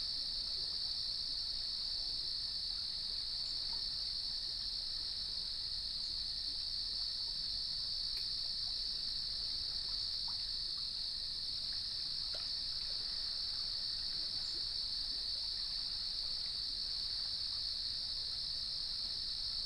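A natural area outdoors, filled with a steady, dense insect chorus, most likely crickets, whose high shrill trill holds unbroken for the whole stretch. Underneath runs a soft low rumble, with a few faint clicks and ticks scattered here and there.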